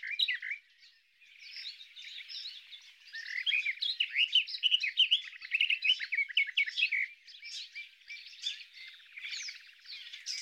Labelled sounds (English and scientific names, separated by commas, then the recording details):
Garden Warbler (Sylvia borin) song
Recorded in the wild
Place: Wasenweiler am Kaiserstuhl, Baden-Württemberg, DE
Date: 1997-05-19
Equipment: Dat-Recorder Casio DA 7, Telinga DAT, Telinga-Parabolspiegel
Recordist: Schwarz, Dieter